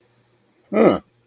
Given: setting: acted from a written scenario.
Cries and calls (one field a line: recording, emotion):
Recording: vocal sound without words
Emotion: relief